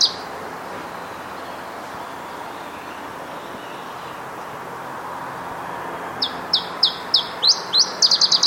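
Iberian chiffchaff song after a long quiet stretch of hiss: evenly spaced high slurred notes accelerating into a rapid closing trill.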